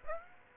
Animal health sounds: mosquito wingbeat signal from an infrared sensor; Aedes aegypti

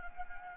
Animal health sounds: mosquito wingbeat signal from an infrared sensor; Anopheles gambiae

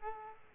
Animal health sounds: mosquito wingbeat signal from an infrared sensor; Aedes aegypti

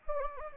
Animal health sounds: mosquito wingbeat signal from an infrared sensor; Anopheles gambiae

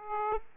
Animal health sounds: mosquito wingbeat signal from an infrared sensor; Aedes aegypti

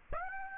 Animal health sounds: mosquito wingbeat signal from an infrared sensor; Aedes aegypti

